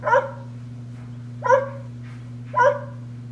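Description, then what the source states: Golden Retriever-Poodle mix dog barking: three single woofs about a second apart, over a low steady hum. Played example; breed loves attention, is intelligent, needs training and is very athletic.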